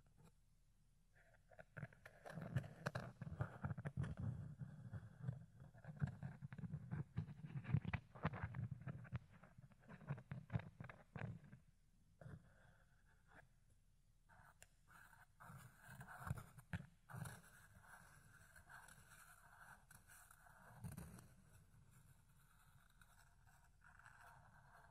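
Fluffy ear cleaning and ear picking: close, muffled rubbing and scraping with a deep, thumping low rumble, densest and loudest in the first ten seconds. Later the strokes turn sparser and brighter, with short crackly scratches and brief pauses between them.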